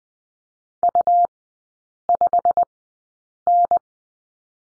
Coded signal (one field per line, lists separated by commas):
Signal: Morse code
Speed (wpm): 20 wpm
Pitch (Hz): 700 Hz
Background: none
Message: U5N